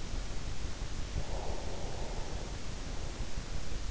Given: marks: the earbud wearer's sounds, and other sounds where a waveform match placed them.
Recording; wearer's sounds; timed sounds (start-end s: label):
sounds in sleep by an in-ear microphone; breath
1.11-3.41 s: breath